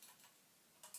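A trumpet piston valve is turned inside its metal valve casing until the valve guide drops into its slot, keeping the valve aligned so its holes line up with the tubes. After a faint opening tick, two short sharp clicks sound at 0.8 s and 0.9 s as the guide seats into place.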